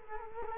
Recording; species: mosquito wingbeat signal from an infrared sensor; Culex quinquefasciatus